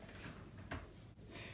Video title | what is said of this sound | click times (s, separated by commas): Cybex Gazelle S Folding Guide | and it should all just click right into place | 0.7 s